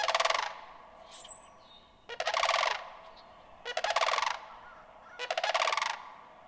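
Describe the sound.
Sandhill crane calling in four rolling, rattling bursts roughly every one and a half seconds, each a quick string of loud trumpeting pulses, with faint high chirps from small birds between.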